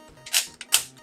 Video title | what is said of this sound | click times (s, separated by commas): I'm Not Sure Anyone Can Top This - Metal Cardbot Tyrant Zero | Clip everything in place. And we'll just give those a little click. And there we go. | 0.6 s, 0.7 s